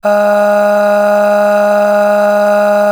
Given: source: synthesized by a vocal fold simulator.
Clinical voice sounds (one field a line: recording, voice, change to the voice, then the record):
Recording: sustained vowel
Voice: female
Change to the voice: aspiration noise (breathiness), level 8 of 10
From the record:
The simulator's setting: 2.24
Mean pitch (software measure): 206 Hz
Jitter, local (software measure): 0.76%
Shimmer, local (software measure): 8.3%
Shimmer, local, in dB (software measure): 0.73 dB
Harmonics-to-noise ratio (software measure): 16.3 dB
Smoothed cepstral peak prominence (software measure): 12.5 dB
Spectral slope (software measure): -21.0 dB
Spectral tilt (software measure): -7.4 dB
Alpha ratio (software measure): -11.5 dB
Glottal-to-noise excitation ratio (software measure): 0.812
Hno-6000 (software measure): 1.8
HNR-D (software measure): 38.3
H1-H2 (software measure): 9.5 dB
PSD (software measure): 3.1e-05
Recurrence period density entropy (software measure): 0.119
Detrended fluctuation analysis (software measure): 0.0277